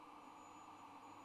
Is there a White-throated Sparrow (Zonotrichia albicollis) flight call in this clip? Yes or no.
no